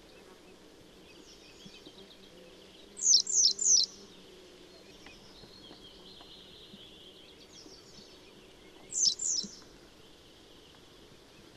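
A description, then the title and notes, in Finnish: Keltavästäräkki calls in short bright bursts, three quick notes near three seconds and two more near nine, over faint fainter chirps and a low hum. Keltavästäräkki. Viikon luontoäänen esitteli Risto Nevanlinna.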